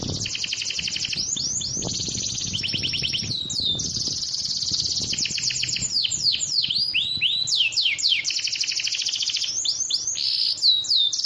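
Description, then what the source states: Bird song, a dense stream of high chirps, buzzy trills and quick downward-sweeping whistles, overlapping and continuous throughout. Compilation of bird songs presented as masteran, tutoring material for songbirds.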